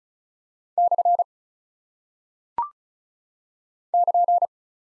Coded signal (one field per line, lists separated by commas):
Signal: Morse code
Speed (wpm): 36 wpm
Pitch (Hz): 700 Hz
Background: none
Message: / <KN>